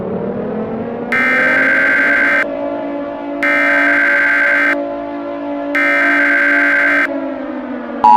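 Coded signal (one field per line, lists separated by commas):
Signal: Emergency Alert System (SAME) tones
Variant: header bursts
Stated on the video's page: Fictional EAS scenario made for entertainment.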